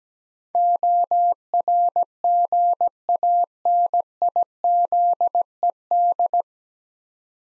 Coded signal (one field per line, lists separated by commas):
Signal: Morse code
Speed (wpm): 17 wpm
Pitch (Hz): 700 Hz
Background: none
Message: ORGANIZED